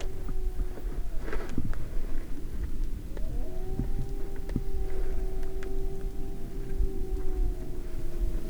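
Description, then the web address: Grey wolf howling, a long steady tone that breaks off for about two seconds early on and then resumes, over low background rumble and scattered clicks. Adult wolves, Vercors, 28–29 June 2004, various cries. "Florac-28-29-juin cris divers loup loup vercors 2004 adultes"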